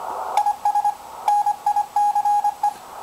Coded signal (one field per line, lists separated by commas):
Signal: Morse code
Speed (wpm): 25 wpm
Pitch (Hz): 810 Hz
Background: none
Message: IS NICE